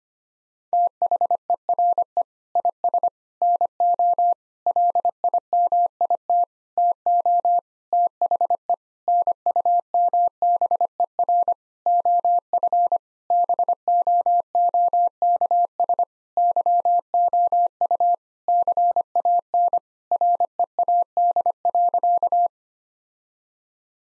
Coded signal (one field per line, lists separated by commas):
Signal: Morse code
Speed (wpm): 25 wpm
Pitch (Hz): 700 Hz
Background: none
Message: THERE IS NO LIMIT TO THE NUMBER OF BOOKS YOU CAN READ.